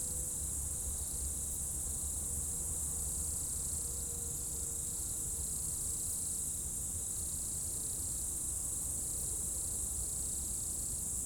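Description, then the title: Insect chorus, a steady high shrill trilling with pulsing lower buzzes layered beneath, unbroken throughout, over a low hum. Insects in the roadside bank and trees at dusk, first hairpin bend of a mountain pass road at Bourdeau, France; Tascam DAP1 DAT recorder. "route col du Chat, Bourdeau, France - Tutti insectes"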